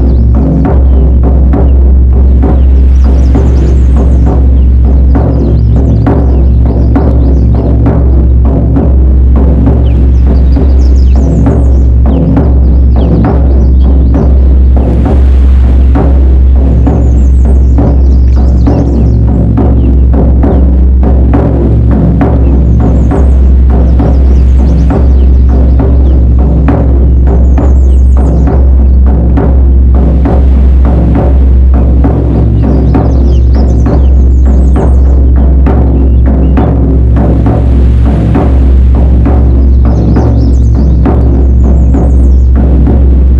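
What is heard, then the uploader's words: A shamanic drumming session: a deep, booming drum is struck in a fast, steady, unbroken beat that fills the whole recording. Its low throbbing resonance sits underneath, while high, faint rattling or chiming sounds drift in and out every few seconds. Shamanic Drumming Session.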